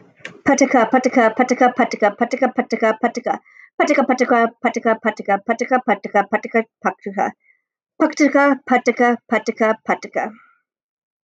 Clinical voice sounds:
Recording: repeated syllables /pa ta ka/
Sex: female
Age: 30 to 39 years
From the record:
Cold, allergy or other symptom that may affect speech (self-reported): no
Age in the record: 32 years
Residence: New York, United States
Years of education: 16

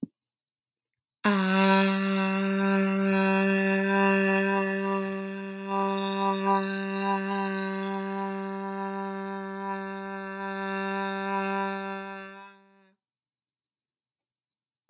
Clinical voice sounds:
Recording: vowel held as long as possible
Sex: female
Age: 20 to 29 years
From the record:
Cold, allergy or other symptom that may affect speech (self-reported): no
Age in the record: 28 years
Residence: Texas, United States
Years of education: 17

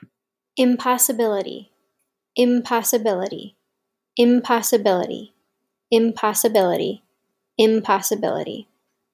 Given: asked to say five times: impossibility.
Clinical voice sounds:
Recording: repeated word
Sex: female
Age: 30 to 39 years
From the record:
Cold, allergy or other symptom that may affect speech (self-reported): no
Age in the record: 33 years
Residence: New York, United States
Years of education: 17

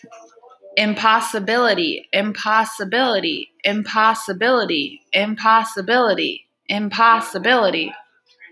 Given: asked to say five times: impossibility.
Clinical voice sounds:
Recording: repeated word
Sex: female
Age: 20 to 29 years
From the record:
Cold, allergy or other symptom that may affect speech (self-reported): no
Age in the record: 28 years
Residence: Minnesota, United States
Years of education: 18

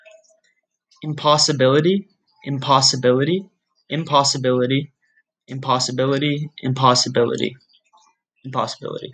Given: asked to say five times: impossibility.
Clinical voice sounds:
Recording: repeated word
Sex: male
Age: 20 to 29 years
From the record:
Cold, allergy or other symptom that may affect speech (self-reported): no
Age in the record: 24 years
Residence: Alabama, United States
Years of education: 20

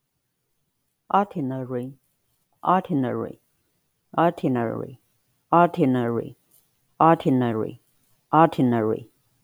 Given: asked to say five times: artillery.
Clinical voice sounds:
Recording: repeated word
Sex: female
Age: 50 to 59 years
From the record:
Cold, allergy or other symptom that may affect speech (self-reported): no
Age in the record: 58 years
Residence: Virginia, United States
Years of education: 22

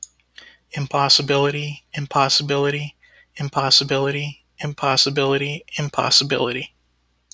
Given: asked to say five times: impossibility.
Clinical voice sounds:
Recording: repeated word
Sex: male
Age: 40 to 49 years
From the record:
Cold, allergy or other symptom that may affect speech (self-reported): no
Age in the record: 42 years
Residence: California, United States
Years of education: 16

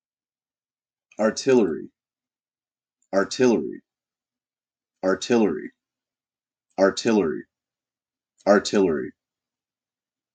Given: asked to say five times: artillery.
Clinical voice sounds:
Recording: repeated word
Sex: male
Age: 30 to 39 years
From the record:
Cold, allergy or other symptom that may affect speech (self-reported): no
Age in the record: 35 years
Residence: Ohio, United States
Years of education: 16

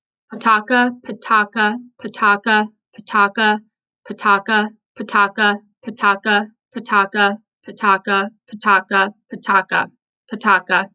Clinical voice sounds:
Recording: repeated syllables /pa ta ka/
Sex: female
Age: 30 to 39 years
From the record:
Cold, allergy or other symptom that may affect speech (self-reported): no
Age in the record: 33 years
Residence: Minnesota, United States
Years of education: 16

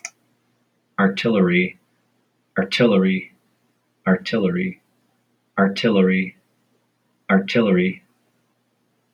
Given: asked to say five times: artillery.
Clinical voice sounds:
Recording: repeated word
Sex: male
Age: 40 to 49 years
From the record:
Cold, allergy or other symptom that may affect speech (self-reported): no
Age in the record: 47 years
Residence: Michigan, United States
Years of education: 16

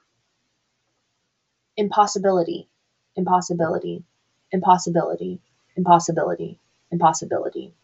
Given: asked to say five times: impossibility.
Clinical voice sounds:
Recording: repeated word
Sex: female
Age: 20 to 29 years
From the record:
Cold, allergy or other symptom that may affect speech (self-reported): no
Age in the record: 24 years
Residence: United States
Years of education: 13

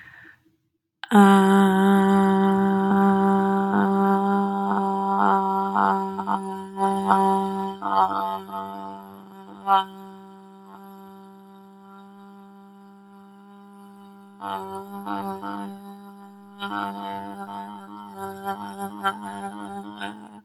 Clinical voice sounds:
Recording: vowel held as long as possible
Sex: female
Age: 20 to 29 years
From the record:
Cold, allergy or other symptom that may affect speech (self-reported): no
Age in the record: 22 years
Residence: Texas, United States

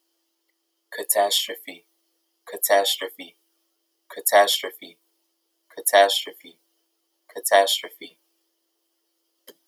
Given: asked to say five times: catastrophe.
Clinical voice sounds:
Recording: repeated word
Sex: male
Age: 18 to 19 years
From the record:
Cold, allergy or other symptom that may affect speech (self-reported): no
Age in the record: 18 years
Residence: Georgia, United States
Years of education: 11

